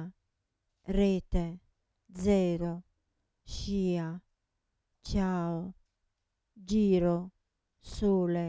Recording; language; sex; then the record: read list of words; Italian; female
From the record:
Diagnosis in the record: Parkinson's disease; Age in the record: 67 years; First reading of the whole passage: 79 s, 6.5 characters per second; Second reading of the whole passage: 74 s, 7.0 characters per second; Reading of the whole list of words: 72 s, 3.9 characters per second